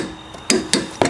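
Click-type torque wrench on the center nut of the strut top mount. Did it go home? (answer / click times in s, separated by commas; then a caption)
yes / 0.5 s, 0.7 s. A click-type torque wrench tightens the center nut on the upper strut mount of a driver's-side front strut assembly on a 2013 Honda Pilot to 42 ft-lbs. Over a quiet background, the wrench gives sharp clicks at 0.5 s and 0.7 s, followed by one more short sharp sound at 1.0 s. The nut is confirmed torqued.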